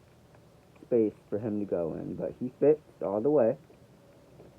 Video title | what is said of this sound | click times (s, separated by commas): Lego speed champions Ferrari SF -24 | Uh, he does not click in, I don't believe. | none